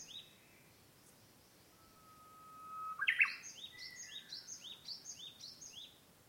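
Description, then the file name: Japanese bush warbler song, a long level whistle ending in a loud ornamented phrase, followed by another bird's steady run of high, falling chirps. "uguisu"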